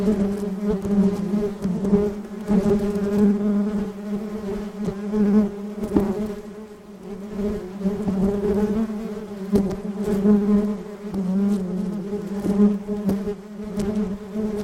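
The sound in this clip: Bees buzzing steadily, a low droning hum with layered overtones that swells and fades.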